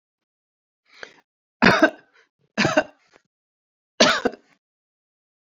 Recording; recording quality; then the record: shallow voluntary cough; excellent, no background noise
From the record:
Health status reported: healthy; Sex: female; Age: 55 years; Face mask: not worn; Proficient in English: no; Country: France